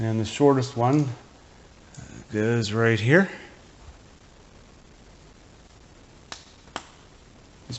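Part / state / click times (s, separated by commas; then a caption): glow plug harness boots onto glow plug terminals / seated / 6.3 s, 6.8 s. On a 2014 Chevy Cruze Diesel, plastic glow plug harness boots are pushed down onto the glow plug terminals while someone talks. After a quiet stretch, two sharp clicks sound at 6.3 s and 6.8 s as the boots snap in. The boots are seated.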